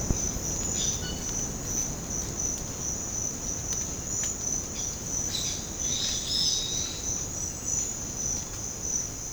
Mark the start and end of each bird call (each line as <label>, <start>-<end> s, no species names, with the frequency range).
bird call (2.1-9.2 kHz), 4.76-7.07 s